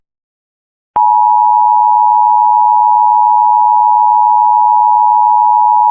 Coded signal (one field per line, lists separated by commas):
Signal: Emergency Alert System (SAME) tones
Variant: 853 and 960 Hz attention tone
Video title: EAS MOCK: Test During Spongebob